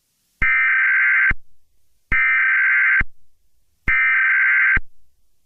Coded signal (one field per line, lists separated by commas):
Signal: Emergency Alert System (SAME) tones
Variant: header bursts